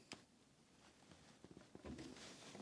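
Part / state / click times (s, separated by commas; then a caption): wiring connector into the high-level brake light unit / not seated / none. A plastic wiring connector is being handled onto the high-level brake light unit of a Renault Clio 2, routed above the washer hose. There is a sharp tap near the start, then soft handling and rustling noises. Nothing has seated or clicked yet.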